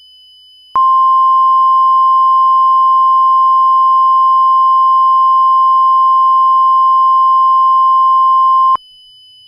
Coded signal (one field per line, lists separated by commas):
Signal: Emergency Alert System (SAME) tones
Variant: 1050 Hz attention tone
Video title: EAS MOCK For Tornado Emergency Watch Video is The end